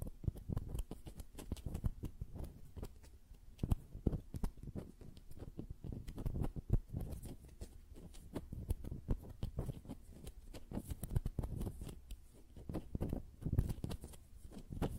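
Fingers tap and flutter in a quick, uneven stream of light clicks and soft thuds that runs the whole time without a pause. The taps are mostly dull and low, with occasional sharper, brighter clicks, and brief slightly louder flurries around four and thirteen seconds.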